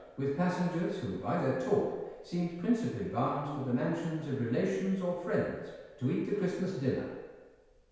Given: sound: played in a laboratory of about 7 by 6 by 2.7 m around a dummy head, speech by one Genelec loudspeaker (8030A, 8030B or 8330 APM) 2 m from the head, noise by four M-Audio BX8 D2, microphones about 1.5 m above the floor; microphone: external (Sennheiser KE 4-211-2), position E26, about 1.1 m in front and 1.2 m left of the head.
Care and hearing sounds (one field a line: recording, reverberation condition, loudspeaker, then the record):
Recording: male speech in English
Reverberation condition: high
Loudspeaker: 60 degrees to the right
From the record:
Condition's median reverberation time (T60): about 1300 ms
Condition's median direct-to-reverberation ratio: about -4.0 dB